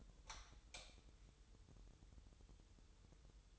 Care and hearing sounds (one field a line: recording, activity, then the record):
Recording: daily activity, microphone in the room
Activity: light on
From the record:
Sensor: 3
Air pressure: 988.4 hPa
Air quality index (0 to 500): 191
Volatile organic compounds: 266 ppm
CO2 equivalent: 4402 ppm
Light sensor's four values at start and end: 8/19/8/8 and 10/28/11/11